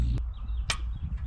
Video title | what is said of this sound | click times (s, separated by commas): The 2004.5 Dodge Cummins we call Madison needed some new injectors as wellas tires and brakecalipers | push down until you hear the snap | 0.7 s